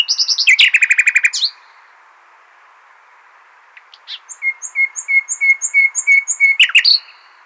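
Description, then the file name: Common nightingale song: a fast run of loud repeated notes, a pause, then a steady sequence of short whistled notes. "Luscinia megarhynchos"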